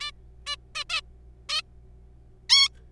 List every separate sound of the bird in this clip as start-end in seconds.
0.01-0.12, 0.47-0.56, 0.75-0.84, 0.90-1.00, 1.49-1.62, 2.50-2.69